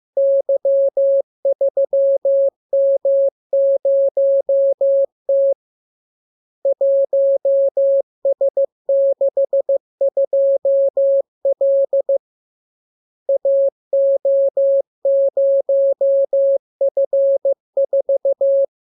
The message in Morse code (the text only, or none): Y3M0T 1S62L AO0F4